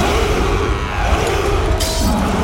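Glass shatters amid a dense, loud wash of crashing noise, with a bright burst of tinkling shards breaking out near the end.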